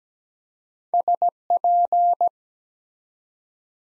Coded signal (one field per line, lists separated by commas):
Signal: Morse code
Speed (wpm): 17 wpm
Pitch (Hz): 700 Hz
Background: none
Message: SP